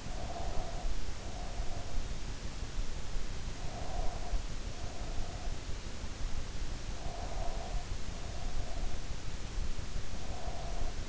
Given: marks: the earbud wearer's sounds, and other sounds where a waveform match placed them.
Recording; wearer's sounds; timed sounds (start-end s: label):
sounds in sleep by an in-ear microphone; breath
0.00-2.07 s: breath
3.51-5.64 s: breath
6.74-8.38 s: breath
9.99-11.09 s: breath